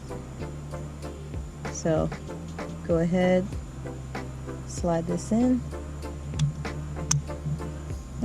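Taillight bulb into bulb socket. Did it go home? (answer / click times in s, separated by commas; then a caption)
yes / 7.1 s. A new taillight/blinker bulb for a Camaro is slid into its bulb socket while someone talks over background music. A few faint ticks come before a sharp, bright click at 7.1 s as the bulb snaps into the socket and seats.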